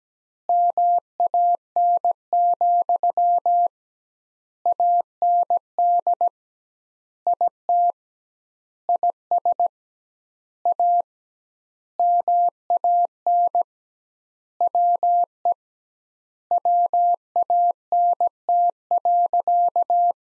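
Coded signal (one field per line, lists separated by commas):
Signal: Morse code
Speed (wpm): 17 wpm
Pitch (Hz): 700 Hz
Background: none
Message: MAN, AND IT IS A MAN WE WANT.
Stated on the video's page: Morse practice sentences from the top 200 words at 17 wpm with twice standard word spacing, a Farnsworth-like method.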